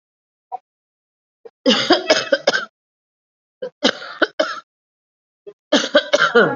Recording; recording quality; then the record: shallow voluntary cough; excellent, no background noise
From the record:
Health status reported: COVID-19 positive, moderate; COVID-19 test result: positive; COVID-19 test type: RT-PCR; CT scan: not taken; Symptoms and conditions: cough, cold, breathing difficulty, fever, fatigue, muscle pain, loss of smell and taste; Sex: female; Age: 57 years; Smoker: no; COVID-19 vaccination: both doses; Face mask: not worn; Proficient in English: no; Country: India